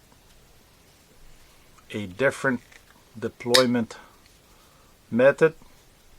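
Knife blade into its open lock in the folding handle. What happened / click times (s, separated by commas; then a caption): The folding knife blade has not yet locked open / none. Someone talks while handling a SanRenMu 7028 folding pocket knife, opening its steel blade by a non-flipper method so it swings toward its open lock in the folding handle. Nothing has seated or clicked into place yet when the clip ends.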